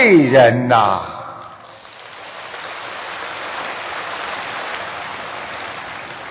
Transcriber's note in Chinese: 掌声